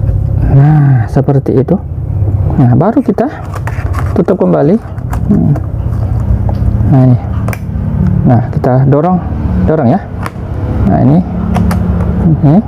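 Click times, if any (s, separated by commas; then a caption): 7.5 s. A plastic keyboard is pressed back down along its edge into the top case of a Dell Latitude 3440 laptop so its tabs snap into the chassis, while someone talks throughout. Two sharp clicks come almost together at about 7.5 seconds, and the keyboard is seated and locked in.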